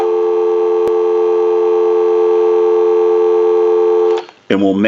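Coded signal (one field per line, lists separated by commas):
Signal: telephone call progress tone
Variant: North America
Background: speech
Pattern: dial tone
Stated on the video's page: DTMF from a General Electric 27909 cordless telephone with two handsets under repair.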